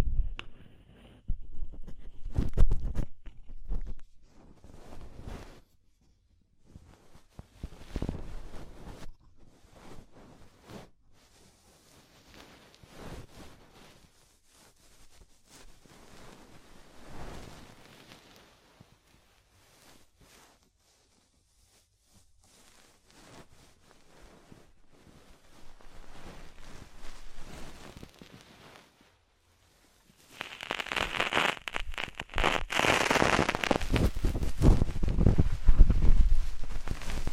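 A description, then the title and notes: Deep ear cleaning sounds come in short rustling, scratchy bursts with quiet gaps, turning into a loud, dense, continuous scraping from about thirty seconds. DEEP Ear Penetrating Cleaning.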